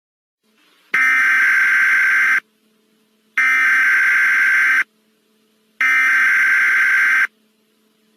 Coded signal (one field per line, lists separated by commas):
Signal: Emergency Alert System (SAME) tones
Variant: header bursts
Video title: EAS Scenario Spirit Halloween Animatronics